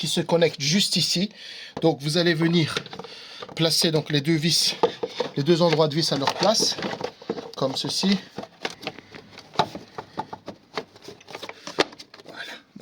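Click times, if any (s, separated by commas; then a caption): 9.6 s, 10.8 s. Someone talks while refitting the plastic air filter housing in the engine bay of a BMW 523i E60 during alternator replacement, setting the two screw locations in place and pressing the housing home. Sharp plastic clicks follow the talk, with the housing clips snapping in at 9.6 s and 10.8 s, and the housing is seated.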